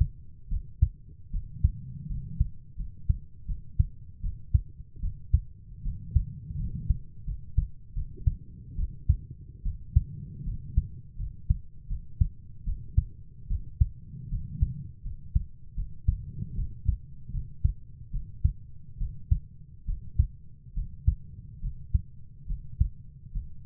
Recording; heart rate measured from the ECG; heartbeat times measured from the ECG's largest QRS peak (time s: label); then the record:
heart sounds by stethoscope; 76 bpm
0.50 s: heartbeat
1.32 s: heartbeat
2.09 s: heartbeat
2.77 s: heartbeat
3.47 s: heartbeat
4.22 s: heartbeat
5.01 s: heartbeat
5.84 s: heartbeat
6.58 s: heartbeat
7.26 s: heartbeat
7.94 s: heartbeat
8.77 s: heartbeat
9.64 s: heartbeat
10.45 s: heartbeat
11.18 s: heartbeat
11.89 s: heartbeat
12.65 s: heartbeat
13.49 s: heartbeat
14.30 s: heartbeat
15.04 s: heartbeat
15.76 s: heartbeat
16.56 s: heartbeat
17.32 s: heartbeat
18.12 s: heartbeat
18.99 s: heartbeat
19.86 s: heartbeat
20.75 s: heartbeat
21.62 s: heartbeat
22.48 s: heartbeat
23.33 s: heartbeat
From the record:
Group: healthy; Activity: rest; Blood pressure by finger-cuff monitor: 113/62 mmHg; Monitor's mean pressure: 77 mmHg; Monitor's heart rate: 76 bpm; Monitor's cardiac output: 7 L/min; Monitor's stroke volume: 91 mL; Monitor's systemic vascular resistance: 800 dyn s/cm5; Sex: female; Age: 22 years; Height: 160 cm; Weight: 63 kg